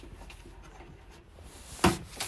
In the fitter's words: I'll unnap it just so you can see it, though.